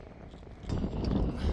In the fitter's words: That's right. You heard the click.